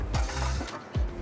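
A glass build plate is slid into the front of an UltiMaker 2+ Connect 3D printer bed with the front clips opened. Short scraping and handling knocks are heard, with a louder bump at about 0.2 s and another at about 1.0 s. Nothing has seated or clicked into place yet.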